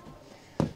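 A seat backrest on the cockpit seating of a Saxdor 400 GTC sportsboat is picked up and pushed back into its mounting. After quiet low rustling, a single sharp pop sounds at 0.6 s as the backrest seats into place.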